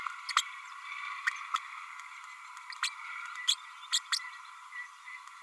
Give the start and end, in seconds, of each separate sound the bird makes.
2.82-2.89, 3.47-3.55, 3.92-3.99, 4.12-4.19